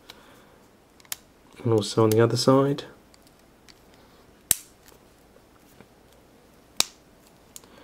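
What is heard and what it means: A two-piece polycarbonate ToughGuard shell case is clipped around a Samsung i8910 Omnia HD phone, with the clips on the other side pressed home. Someone talks briefly, then two loud, sharp snaps ring out at 4.5 s and 6.8 s as the clips seat, and the case is clicked into place.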